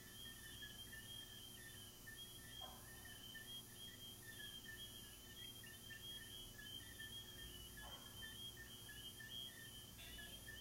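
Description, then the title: Crickets chirping in fast, even pulses, a high trill layered over a lower one, with a few brief soft sounds and steady background hum. Crickets recorded in the recordist's garden. "Asmr crickets"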